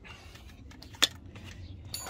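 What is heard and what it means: A click-type torque wrench set to 35 Nm tightens a steel brake caliper bolt on a car. After a few faint ratchet ticks, it gives one sharp metallic click at 1.0 s. The click marks the set torque, where the wrench stops the bolt from being over-tightened.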